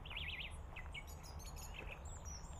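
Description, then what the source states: European goldfinch: a quick wavering twitter of high, tinkling notes followed by scattered short chirps, over steady low rumble of background noise. Heard in 2021 on a morning dog walk where the path turns grassy, in a big field next to a creek; binaural recording.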